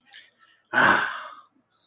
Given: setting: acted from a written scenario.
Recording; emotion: vocal sound without words; pride